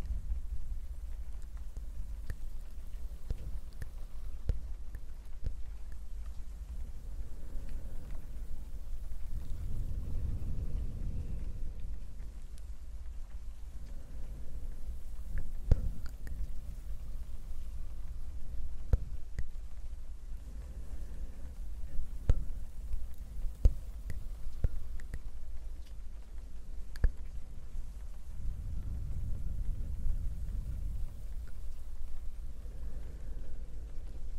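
A steady low rumble fills the recording, dotted with frequent sharp ticks and taps like mic brushing. Soft, rushing swells rise around ten seconds and again near the end, and a faint patter of rain sits underneath throughout.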